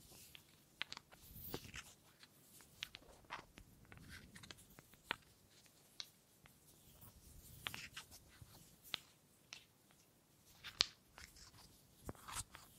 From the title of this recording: Wood Triggers